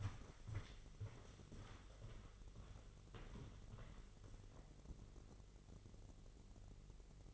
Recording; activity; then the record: daily activity, microphone in the room; walk to room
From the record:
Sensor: 4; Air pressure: 996.5 hPa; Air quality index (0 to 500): 68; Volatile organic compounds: 2 ppm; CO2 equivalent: 1240 ppm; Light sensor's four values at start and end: 17/48/18/20 and 19/52/20/21